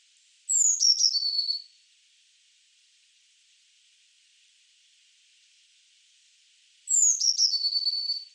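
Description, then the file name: Eurasian blue tit call: a very high thin note sliding down into a buzzy, scolding trill, heard twice about six seconds apart, with silence between. "Cyanistes caeruleus"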